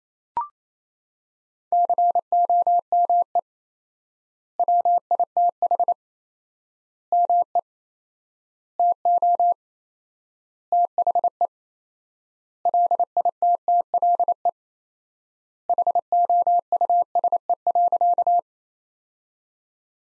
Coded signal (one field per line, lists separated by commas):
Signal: Morse code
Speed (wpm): 28 wpm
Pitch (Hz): 700 Hz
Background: none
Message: COME WITH ME TO THE LITTLE HOUSE.